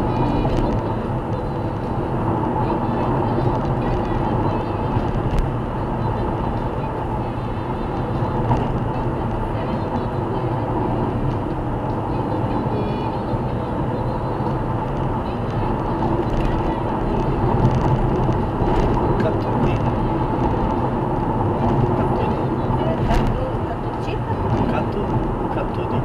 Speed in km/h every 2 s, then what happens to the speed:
116, 114, 114, 115, 115, 115, 116, 116, 117, 117, 116, 115, 115.
0-26 steady at about 115.